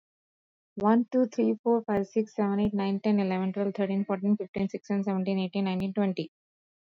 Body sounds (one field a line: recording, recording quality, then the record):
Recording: counting at a fast pace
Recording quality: excellent, no background noise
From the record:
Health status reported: exposed to COVID-19, no respiratory illness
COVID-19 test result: negative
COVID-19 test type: RT-PCR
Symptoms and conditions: sore throat, another condition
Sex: female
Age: 37 years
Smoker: no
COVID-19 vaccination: both doses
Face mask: not worn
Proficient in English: yes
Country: India